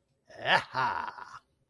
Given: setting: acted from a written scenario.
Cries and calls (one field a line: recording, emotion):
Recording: vocal sound without words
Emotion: triumph